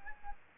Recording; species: mosquito wingbeat signal from an infrared sensor; Anopheles gambiae